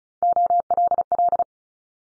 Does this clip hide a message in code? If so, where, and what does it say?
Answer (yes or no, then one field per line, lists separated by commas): yes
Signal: Morse code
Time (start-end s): 0.2-1.4 s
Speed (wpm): 36 wpm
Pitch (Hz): 700 Hz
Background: none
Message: OLL